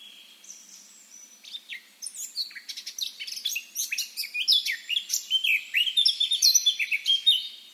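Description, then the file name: Eurasian blackcap song: a soft, scratchy warble that swells into loud, clear fluted whistles, the phrases growing stronger toward the end. "Sylvia atricapilla"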